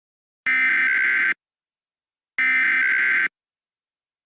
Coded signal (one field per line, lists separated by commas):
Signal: Emergency Alert System (SAME) tones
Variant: header bursts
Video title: EAS Scenario - CATastrophe (4K)